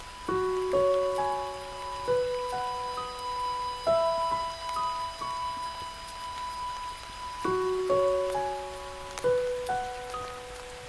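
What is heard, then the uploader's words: Soft, bell-like music notes ring out over a steady hiss of rain. The notes come a few at a time and sustain, with the melody restarting around the middle of the clip, while the rain stays even and continuous underneath. Music w/ Rain Sounds.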